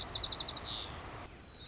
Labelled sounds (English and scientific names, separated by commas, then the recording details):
White-crowned Sparrow (Zonotrichia leucophrys)
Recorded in Sonoma County, California